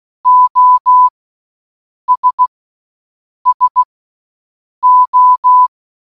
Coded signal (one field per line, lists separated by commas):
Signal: Morse code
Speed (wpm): 16 wpm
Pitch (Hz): 1000 Hz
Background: none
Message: OS SO